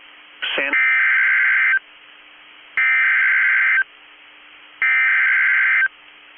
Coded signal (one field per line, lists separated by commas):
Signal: Emergency Alert System (SAME) tones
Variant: header bursts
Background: speech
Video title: A eas Message￼ to in the rain or in the snow for making a bad video out of joe biden